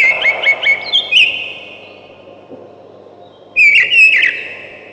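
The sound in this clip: Thrush giving short, repeated whistled notes that end a phrase, then, after a pause, a new warbled whistling phrase begins.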